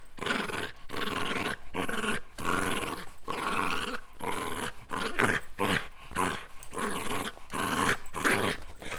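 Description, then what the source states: Shiba Inu play growls, harsh and throaty, coming in quick uneven bursts with tiny gaps. Shiba Inu playing with a string.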